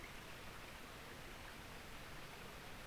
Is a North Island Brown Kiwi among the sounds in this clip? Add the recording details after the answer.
no. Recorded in New Zealand on 24 November 2015. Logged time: 04:12. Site DD67